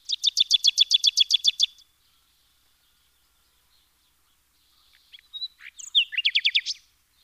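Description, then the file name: Common nightingale song: a fast, regular rattle of repeated notes, a few seconds of silence, then a phrase of short notes ending in another quick repeated series. "Luscinia megarhynchos"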